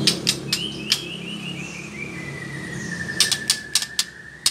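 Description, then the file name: White-rumped shama whistling: a long, thin tone that starts higher and slowly slides down over several seconds, with sharp dry clicks before and after. Female bird. "murai batu betina"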